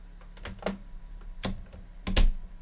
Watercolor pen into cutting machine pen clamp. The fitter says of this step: press down until you hear a click